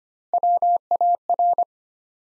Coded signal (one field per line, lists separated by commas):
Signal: Morse code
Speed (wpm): 25 wpm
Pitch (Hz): 700 Hz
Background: none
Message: WAR